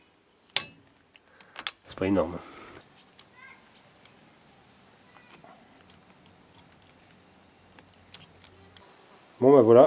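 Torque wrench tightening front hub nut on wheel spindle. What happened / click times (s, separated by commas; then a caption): The torque wrench clicked at its set value / 0.6 s. A torque wrench set to 35 tightens the front hub nut on the wheel spindle of a 2CV and gives a sharp click at 0.6 s as it reaches its setting. Someone then talks, with faint ticks and taps in between, and talks again at the end.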